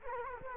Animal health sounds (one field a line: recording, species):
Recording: mosquito wingbeat signal from an infrared sensor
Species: Culex quinquefasciatus